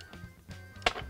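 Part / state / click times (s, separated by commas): tilt head of a stand mixer locking down onto its base / seated / 0.9 s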